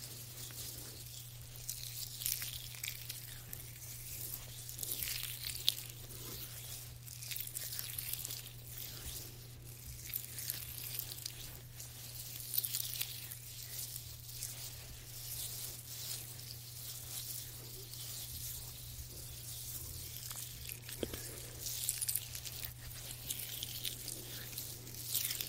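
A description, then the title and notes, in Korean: Soft hand massage with no talking: continuous hissy rubbing and gentle squishy strokes that swell and ease every second or two, with occasional tiny clicks. A steady low hum sits underneath throughout, and the whole thing stays quiet. 말없이 부드러운 손 마사지 소리.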